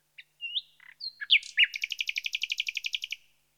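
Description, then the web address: Common nightingale song: scattered whistled and rising notes building into a long rapid trill of evenly repeated pulsing notes. "The BBC Sound Effects Library. Nightingale"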